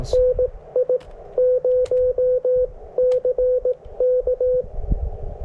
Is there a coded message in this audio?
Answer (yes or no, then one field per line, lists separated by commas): yes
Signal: Morse code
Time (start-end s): 0.1-4.6 s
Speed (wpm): 18 wpm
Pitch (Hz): 500 Hz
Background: radio noise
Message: NI0CK